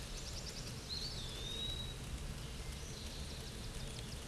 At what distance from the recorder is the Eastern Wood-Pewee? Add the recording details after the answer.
about 45 m. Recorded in a Pennsylvania forest on 18 May 2023 at 10:33. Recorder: AudioMoth, point grid1_14_low. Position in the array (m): 122 m, 181 m